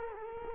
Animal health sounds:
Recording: mosquito wingbeat signal from an infrared sensor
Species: Culex quinquefasciatus

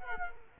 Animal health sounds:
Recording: mosquito wingbeat signal from an infrared sensor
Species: Culex quinquefasciatus

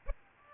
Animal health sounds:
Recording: mosquito wingbeat signal from an infrared sensor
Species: Aedes albopictus

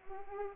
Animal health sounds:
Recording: mosquito wingbeat signal from an infrared sensor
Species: Anopheles arabiensis

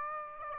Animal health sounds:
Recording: mosquito wingbeat signal from an infrared sensor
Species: Aedes aegypti

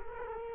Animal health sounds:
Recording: mosquito wingbeat signal from an infrared sensor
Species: Culex quinquefasciatus

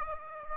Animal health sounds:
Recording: mosquito wingbeat signal from an infrared sensor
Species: Aedes aegypti

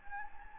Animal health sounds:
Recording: mosquito wingbeat signal from an infrared sensor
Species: Anopheles gambiae

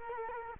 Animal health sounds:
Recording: mosquito wingbeat signal from an infrared sensor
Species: Culex quinquefasciatus

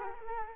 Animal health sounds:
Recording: mosquito wingbeat signal from an infrared sensor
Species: Culex quinquefasciatus

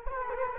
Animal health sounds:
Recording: mosquito wingbeat signal from an infrared sensor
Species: Culex quinquefasciatus

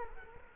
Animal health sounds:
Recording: mosquito wingbeat signal from an infrared sensor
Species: Culex quinquefasciatus

